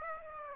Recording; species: mosquito wingbeat signal from an infrared sensor; Aedes aegypti